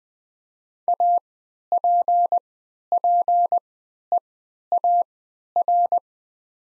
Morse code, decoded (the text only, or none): APPEAR